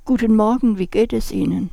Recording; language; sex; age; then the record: spoken sentence; German; female; 70 to 79 years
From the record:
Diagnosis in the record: presbyphonia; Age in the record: 76 years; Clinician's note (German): Mit Petechien (Einblutungen) rechte Stimmlippe